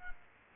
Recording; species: mosquito wingbeat signal from an infrared sensor; Culex quinquefasciatus